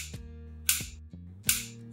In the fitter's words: this and let go you can hear it snapping shut you catch your fingers in there